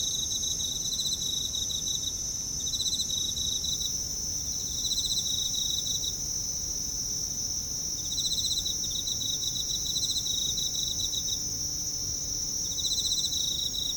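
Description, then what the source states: Insects trilling in repeated pulsed bursts every few seconds, backed by an unbroken high insect drone and quiet low background noise. Night, Kashiwa Town, Japan; bugs with town ambience; mid-side stereo.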